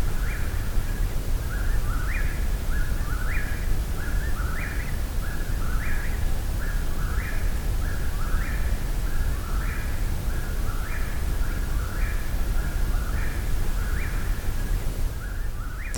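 Eastern Whip-poor-will singing its whistled phrase again and again in an unbroken rhythmic series over low background rumble.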